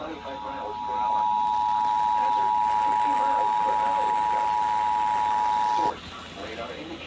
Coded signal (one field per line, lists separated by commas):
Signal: Emergency Alert System (SAME) tones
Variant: 853 and 960 Hz attention tone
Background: speech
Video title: EAS #3440-3446 Severe Thunderstorm Warning (7-24-25)